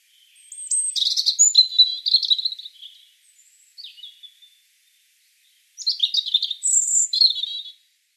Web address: SETE data Erithacus rubecula